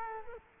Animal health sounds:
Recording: mosquito wingbeat signal from an infrared sensor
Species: Culex quinquefasciatus

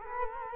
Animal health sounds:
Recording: mosquito wingbeat signal from an infrared sensor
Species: Culex quinquefasciatus

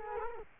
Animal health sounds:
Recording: mosquito wingbeat signal from an infrared sensor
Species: Culex quinquefasciatus

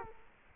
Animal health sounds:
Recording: mosquito wingbeat signal from an infrared sensor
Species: Culex quinquefasciatus

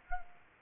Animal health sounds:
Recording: mosquito wingbeat signal from an infrared sensor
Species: Culex quinquefasciatus

